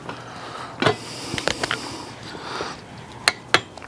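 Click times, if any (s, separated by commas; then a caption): 3.3 s, 3.5 s. A click-type torque wrench set to 50 foot-pounds tightens the spindle nut on a 3,500 lb trailer axle hub while the hub is spun to seat the bearings. Metallic scrapes and short ticks are heard, then two sharp wrench clicks at 3.3 and 3.6 seconds. The nut reaches 50 foot-pounds, confirmed.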